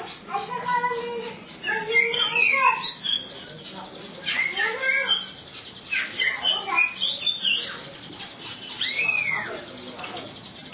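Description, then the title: Oriental magpie-robin singing a long run of varied phrases: sweet whistles, upslurred notes and scratchy chatter in bursts separated by short gaps. "Kacer"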